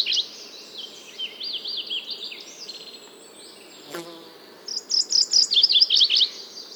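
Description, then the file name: MacGillivray's warbler song: after a rolling zigzag phrase and a sharp click, a series of high buzzy notes repeats in a quick run, over a steady low hum. "Mac Gillivrays Warbler - Geothlypis tolmiei"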